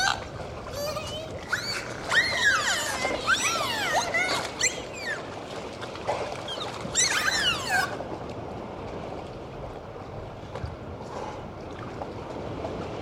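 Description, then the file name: Dolphin whistles, a busy chorus of swooping, overlapping whistles for several seconds, then only faint hiss and scattered soft clicks. "Zvuki Prirody - Vesyolye Delfiny"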